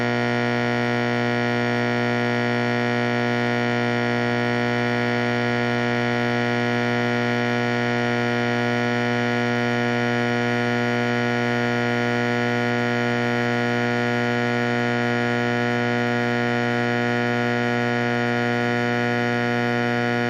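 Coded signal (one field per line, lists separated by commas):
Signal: alarm pattern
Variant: electromechanical AC horn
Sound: one loud, harsh, rasping horn buzz sounding continuously without a break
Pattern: continuous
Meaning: Continuous fire alarm horn: evacuate the building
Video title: Fire Alarm Sound Effect #2 - Simplex 4050 + 4050-82 120VAC 1970s Vintage School Fire Alarm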